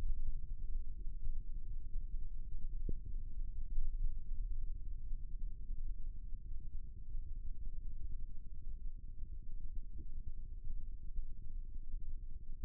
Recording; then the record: forearm muscle sounds (acoustic myography)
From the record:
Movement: rest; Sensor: system 1, eight BSWA MPA416 microphones around the upper forearm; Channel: 6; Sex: male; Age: 20 years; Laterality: left